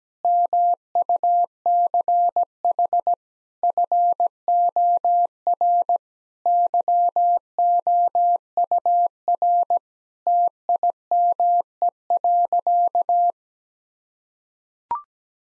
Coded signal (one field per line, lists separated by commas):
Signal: Morse code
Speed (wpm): 17 wpm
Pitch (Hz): 700 Hz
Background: none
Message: MUCH FOR YOUR TIME.